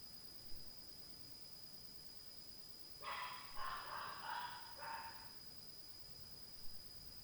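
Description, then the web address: Dog barking, a quick run of about four sharp, harmonic barks clustered over two seconds midway, otherwise quiet with a steady high electrical whine throughout. Dog at night, 2022. "Night Noise 07-05 DOG"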